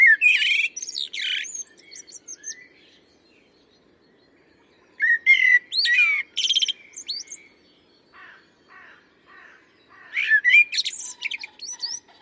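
Common blackbird singing three phrases of rich, fluting whistles and scratchy, high-pitched twitters, with quiet pauses between them.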